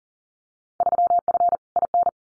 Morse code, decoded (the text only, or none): 3F IN